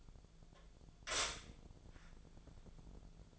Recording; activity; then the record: daily activity, microphone in the room; stop toaster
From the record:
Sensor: 5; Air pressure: 1000.3 hPa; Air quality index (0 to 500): 134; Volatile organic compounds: 2 ppm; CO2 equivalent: 1056 ppm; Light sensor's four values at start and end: 76/178/75/81 and 76/179/76/81